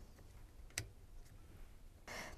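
A plastic wiring connector is pushed onto a new washing machine door lock, giving a faint tick just before a single sharp click at 0.8 s. A brief burst of broadband noise follows near the end, and the connector is seated.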